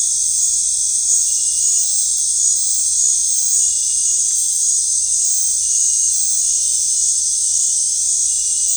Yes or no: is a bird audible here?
no